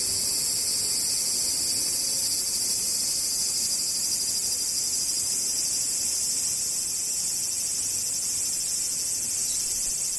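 Cicadas drone in a steady, dense, very high-pitched shrill that holds unchanged for the whole clip, with a faint low rumble underneath.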